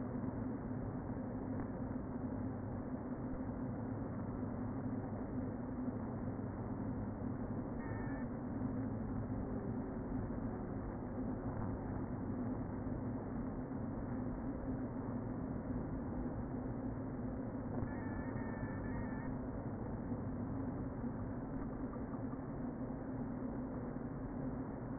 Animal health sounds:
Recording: honeybee colony, microphone inside the hive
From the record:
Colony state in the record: queen present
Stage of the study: before two queens were removed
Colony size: about 60,000 bees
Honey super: yes

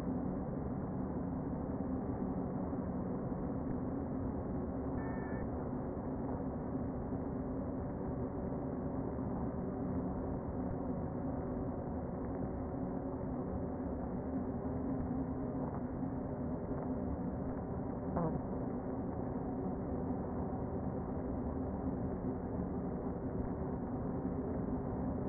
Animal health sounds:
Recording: honeybee colony, microphone inside the hive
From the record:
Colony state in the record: queen present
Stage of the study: before two queens were removed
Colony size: about 60,000 bees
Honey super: yes

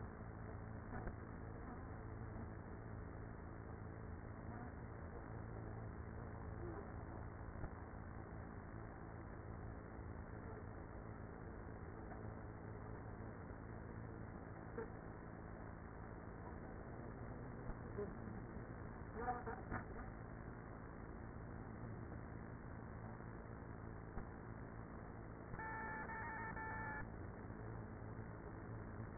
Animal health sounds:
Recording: honeybee colony, microphone inside the hive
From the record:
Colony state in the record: queenless with a low population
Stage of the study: after two queens were removed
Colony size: about 30,000 bees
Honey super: no

